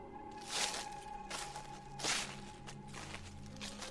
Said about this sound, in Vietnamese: bởi vì những tiếng đi lại kỳ dị ở ngoài kia lại tiếp tục vang lên sột xà sột soạt.